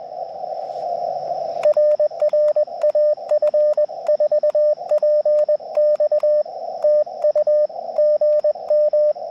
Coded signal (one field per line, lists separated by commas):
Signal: Morse code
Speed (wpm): 21 wpm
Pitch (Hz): 600 Hz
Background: radio noise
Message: RR AF4PX TU GM